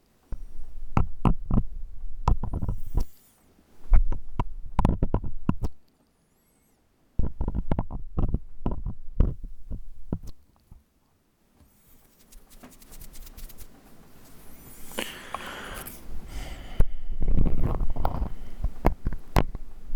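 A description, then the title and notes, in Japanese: Ear cleaning with an ear pick: bursts of dense, sharp scratching clicks in the first ten seconds, broken by short silences. After about 12 seconds a softer, continuous rustling scrape takes over and grows louder and brighter toward the end. 耳かき 雨の夜にゆっくり…眠くなる ASMR。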